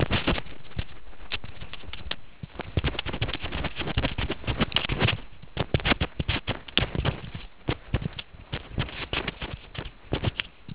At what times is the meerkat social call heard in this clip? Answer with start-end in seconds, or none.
none